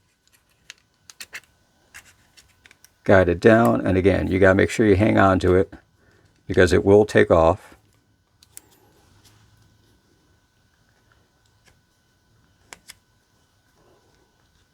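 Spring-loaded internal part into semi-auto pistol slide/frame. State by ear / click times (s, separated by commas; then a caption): not seated / none. A spring-loaded internal part is guided down into a semi-automatic pistol slide and frame during reassembly and held so it doesn't fly off. Small sharp metallic ticks and taps of handling are heard around a stretch where someone talks. Nothing has seated or clicked yet.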